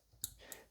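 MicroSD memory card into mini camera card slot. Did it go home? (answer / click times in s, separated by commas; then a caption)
yes / 0.2 s. A microSD memory card is pressed with a fingernail into the spring-loaded card slot of an A9 mini security camera. A sharp, tiny click at 0.2 s is followed by a softer second tick at 0.5 s. The card latches and is seated in the slot.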